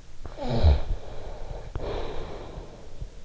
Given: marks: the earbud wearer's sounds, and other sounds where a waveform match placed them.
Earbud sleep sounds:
sounds in sleep by an in-ear microphone; snoring breath
0.22-3.13 s: snoring breath

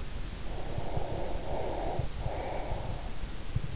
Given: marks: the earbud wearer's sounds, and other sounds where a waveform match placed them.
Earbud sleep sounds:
sounds in sleep by an in-ear microphone; breath
0.28-3.27 s: breath

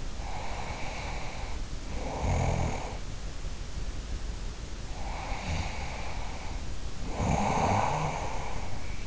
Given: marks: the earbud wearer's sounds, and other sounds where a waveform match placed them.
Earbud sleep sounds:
sounds in sleep by an in-ear microphone; snoring breath
0.03-3.73 s: snoring breath
4.68-9.06 s: snoring breath

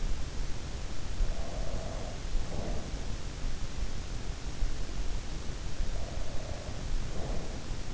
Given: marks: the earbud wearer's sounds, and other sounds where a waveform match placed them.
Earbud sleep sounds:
sounds in sleep by an in-ear microphone; breath
1.26-3.18 s: breath
5.93-7.93 s: breath

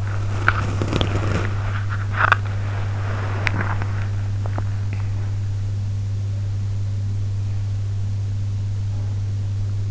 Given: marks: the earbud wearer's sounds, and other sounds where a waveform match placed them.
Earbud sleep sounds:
sounds in sleep by an in-ear microphone; body movement
0.00-5.29 s: body movement

